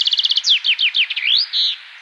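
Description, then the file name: Common chaffinch singing a rapid trill of repeated notes that slides downward through several phrases, then ends with a rising sweep and a sustained high note. "Fringilla coelebs"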